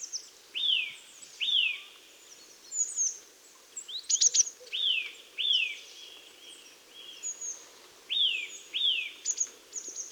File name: Sitta europaea